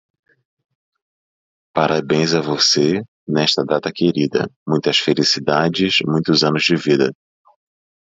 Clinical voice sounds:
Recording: short text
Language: Brazilian Portuguese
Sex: male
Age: 40 to 49 years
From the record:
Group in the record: control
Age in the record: 46 years

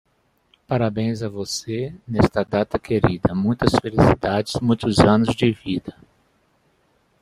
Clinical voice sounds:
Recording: short text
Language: Brazilian Portuguese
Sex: male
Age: 50 to 59 years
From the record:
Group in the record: control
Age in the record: 55 years

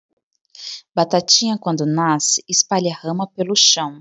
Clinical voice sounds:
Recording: short text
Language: Brazilian Portuguese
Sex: female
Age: 30 to 39 years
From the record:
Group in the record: control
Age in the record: 33 years

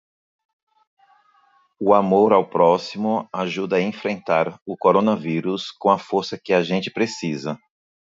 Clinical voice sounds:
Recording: spoken sentence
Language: Brazilian Portuguese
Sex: male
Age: 40 to 49 years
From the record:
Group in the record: control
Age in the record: 44 years

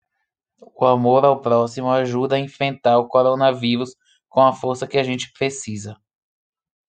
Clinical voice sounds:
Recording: spoken sentence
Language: Brazilian Portuguese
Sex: male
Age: 20 to 29 years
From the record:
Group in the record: control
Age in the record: 27 years

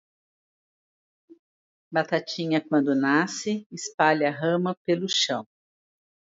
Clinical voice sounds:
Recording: short text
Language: Brazilian Portuguese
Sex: female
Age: 60 to 69 years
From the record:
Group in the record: control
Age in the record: 62 years

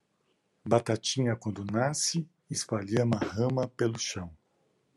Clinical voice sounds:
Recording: short text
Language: Brazilian Portuguese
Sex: male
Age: 60 to 69 years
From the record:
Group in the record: control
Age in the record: 60 years

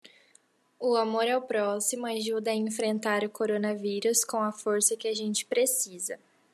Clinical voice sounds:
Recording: spoken sentence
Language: Brazilian Portuguese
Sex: female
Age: 20 to 29 years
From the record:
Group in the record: control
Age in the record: 21 years

